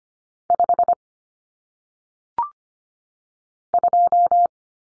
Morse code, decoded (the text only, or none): 5 2